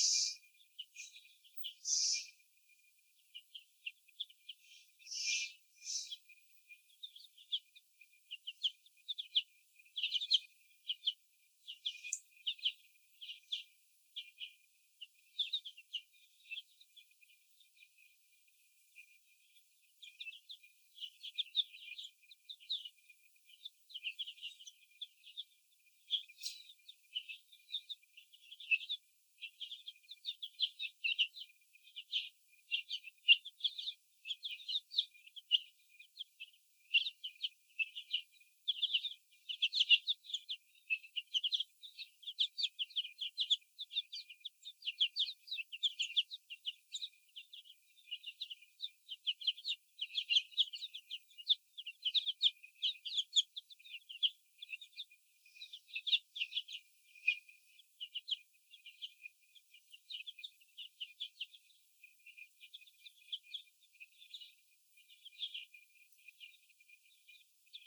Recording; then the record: young laying hens in a cage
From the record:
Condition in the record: before the stressor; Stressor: sudden umbrella opening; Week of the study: 2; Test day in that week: 1